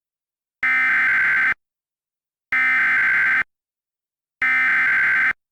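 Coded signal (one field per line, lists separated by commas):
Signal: Emergency Alert System (SAME) tones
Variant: header bursts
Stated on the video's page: Fictional EAS scenario simulating an alert for a school stabbing spree.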